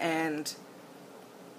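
Someone talks while handling a twist-lock cap on a lipstick tube, which is turned like a normal cap until its lock engages, followed by a short bright burst of higher-frequency noise and quiet room hiss. Nothing has seated or clicked yet; the cap is not yet locked.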